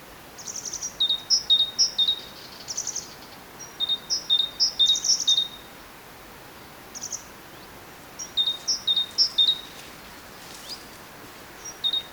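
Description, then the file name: Great tit song, several strophes of repeated high-low two-note whistles separated by pauses. "Parus major"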